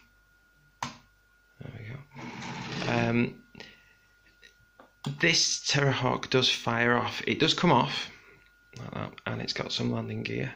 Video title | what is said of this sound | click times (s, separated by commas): Bandai Terrahawks Toys Review | so that just clicks back into place | 0.8 s